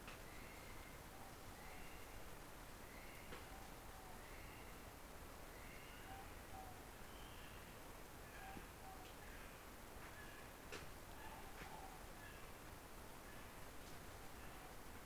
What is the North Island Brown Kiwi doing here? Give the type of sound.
male call, female call